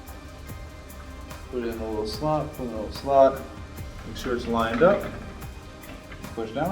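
Someone talks over background music while lining up a RAM module with its motherboard memory slot and starting to push it down. Nothing has seated or clicked yet.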